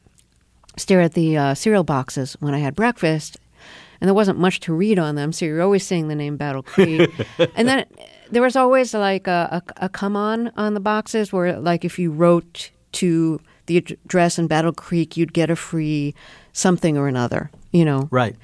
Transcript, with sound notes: stare at the cereal boxes when I had breakfast. And there wasn't much to read on them, so you're always seeing the name Battle Creek.
(Laughter).
And there was always, like, a come on on the boxes were, like, if you wrote to the address in Battle Creek, you'd get a free something or another, you know...